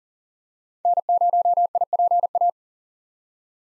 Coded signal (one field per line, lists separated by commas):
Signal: Morse code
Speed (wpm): 40 wpm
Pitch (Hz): 700 Hz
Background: none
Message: N0IPA